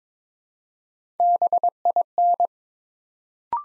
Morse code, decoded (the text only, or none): BIN